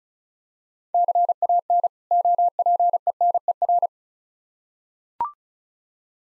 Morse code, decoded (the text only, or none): CAN OPENER